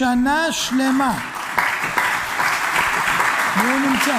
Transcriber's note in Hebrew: מחיאות כפים